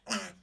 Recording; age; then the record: pig call; piglet (1 to 25 days)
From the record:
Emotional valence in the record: negative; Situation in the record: restrain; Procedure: back test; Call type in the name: low-frequency call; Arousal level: maximum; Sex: female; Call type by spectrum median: high-frequency call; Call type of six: low-frequency modulated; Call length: 0.43 s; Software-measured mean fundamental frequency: 99 Hz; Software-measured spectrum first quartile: 813 Hz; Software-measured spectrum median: 2453 Hz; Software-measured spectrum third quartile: 4922 Hz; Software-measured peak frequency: 215 Hz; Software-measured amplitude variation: 183 dB a second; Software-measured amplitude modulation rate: 8.2 a second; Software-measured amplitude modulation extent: 22.4 dB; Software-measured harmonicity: 0.4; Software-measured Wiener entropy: -1.94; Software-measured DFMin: 1461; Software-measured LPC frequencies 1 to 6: 1494, 2865, 4727, 5264, 5725, 6582 Hz